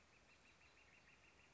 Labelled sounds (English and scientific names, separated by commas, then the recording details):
Northern Flicker (Colaptes auratus)
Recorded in Sonoma County, California